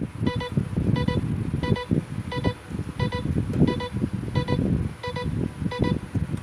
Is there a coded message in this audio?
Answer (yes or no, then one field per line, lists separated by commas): no